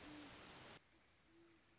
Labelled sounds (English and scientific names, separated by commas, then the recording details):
Great Horned Owl (Bubo virginianus)
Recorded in Sonoma County, California